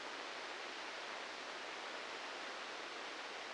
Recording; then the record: brain microelectrode recording played as sound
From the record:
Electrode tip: inside the subthalamic nucleus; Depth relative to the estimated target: -3 mm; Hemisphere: left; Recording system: NeuroSet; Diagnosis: Parkinson's disease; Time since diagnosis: 19 years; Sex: female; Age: 69 years